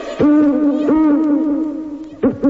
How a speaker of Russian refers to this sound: Тут филин заухал. Захохотал